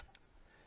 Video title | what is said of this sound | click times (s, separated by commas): Airgun Expo 2021 - Air Arms TX200 .22 on the Range! Best Spring Gun Ever! Recorded May 11th, 2021 | So when you pull down on this, now it locks into place. | 0.1 s